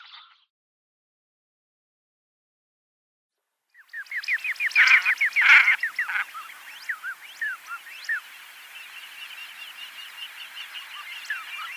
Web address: Schulze Peter Common Shelduck